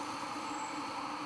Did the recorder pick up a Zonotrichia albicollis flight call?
no